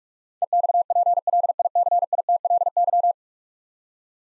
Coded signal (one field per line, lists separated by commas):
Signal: Morse code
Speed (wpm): 46 wpm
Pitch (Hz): 700 Hz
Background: none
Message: EXPLICITLY